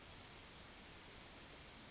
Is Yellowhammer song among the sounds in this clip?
yes